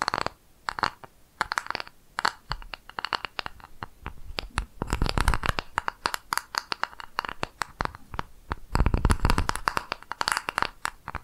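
ASMR tapping: a dense run of sharp, dry taps and scratchy clicks, quick and irregular, sometimes in rapid bursts. Louder, fuller clusters with a low thump come around five and again near nine seconds. A soft crinkling texture sits between the taps.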